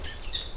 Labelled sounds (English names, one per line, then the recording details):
Stitchbird song
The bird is a male
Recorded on Tiritiri Matangi Island, New Zealand, in 2005
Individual 3, of nest box 3